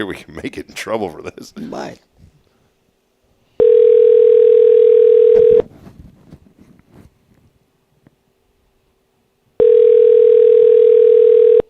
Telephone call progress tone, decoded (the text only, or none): ringback tone